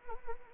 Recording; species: mosquito wingbeat signal from an infrared sensor; Anopheles arabiensis